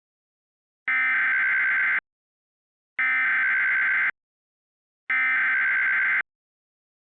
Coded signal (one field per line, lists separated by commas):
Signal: Emergency Alert System (SAME) tones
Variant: header bursts